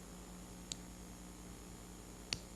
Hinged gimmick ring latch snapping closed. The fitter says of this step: two that I hear two clicks let me do that again because it's important that you hear that